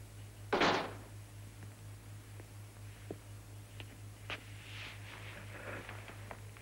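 door being closed

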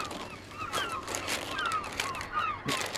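seagulls calling

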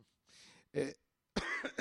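cough

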